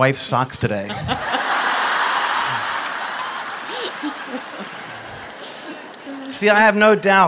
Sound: laughter